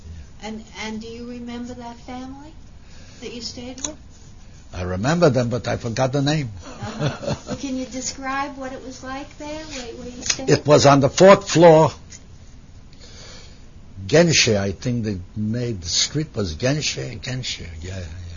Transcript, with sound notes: And do you remember that family that you stayed with?
I remember them but I forgot the name (he laughs)
Can you describe what it was like there where you stayed?
It was on the fourth floor, Genische, I think the main street was Genische, Genische, yeah.